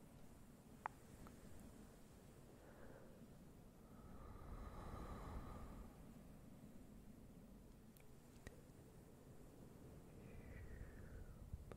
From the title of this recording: very slow and soft fluffy sounds with a bit of whispering, tongue clicking and more